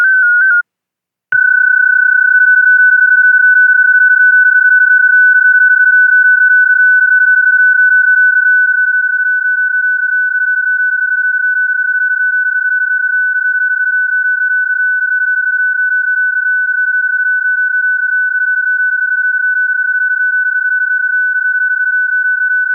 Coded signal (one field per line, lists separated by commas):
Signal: PSK31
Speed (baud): 31.25 baud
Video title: Data modes 20m.